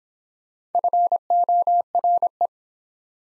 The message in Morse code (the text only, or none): FORE